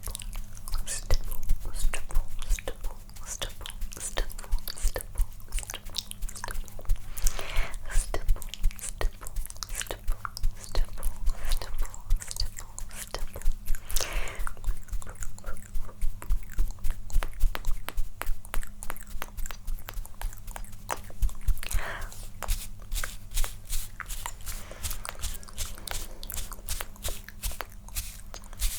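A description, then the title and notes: Mouth sounds and tongue clicks stack up in dense layers, sharp wet ticks firing rapidly and irregularly throughout. The clicks grow more frequent and crisper in the final seconds. A steady low hum sits underneath. Layered Sounds Stipple (Mouth Sounds, Tongue Clicking).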